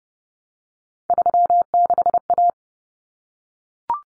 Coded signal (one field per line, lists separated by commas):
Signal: Morse code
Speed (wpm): 30 wpm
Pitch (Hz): 700 Hz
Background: none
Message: 36A